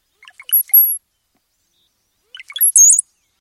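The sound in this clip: Cowbird song, two short phrases of low liquid gurgling notes that end in very high, thin whistles, with silence between.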